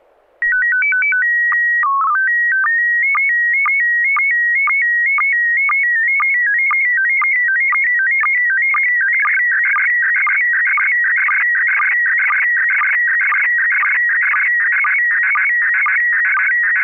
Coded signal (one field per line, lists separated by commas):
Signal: SSTV (slow-scan television)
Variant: PD 120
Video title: N6NA SSTV Net - 11/08/2023